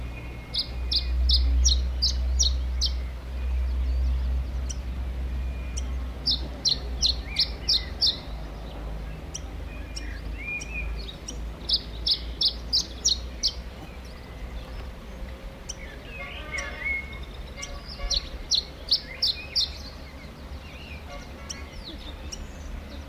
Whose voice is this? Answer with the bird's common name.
Canary Islands Chiffchaff